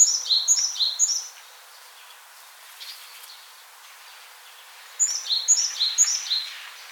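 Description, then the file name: Great tit singing two bouts of ringing two-note phrases, high then lower, repeated roughly twice a second, with a quiet gap between them. "Parus major"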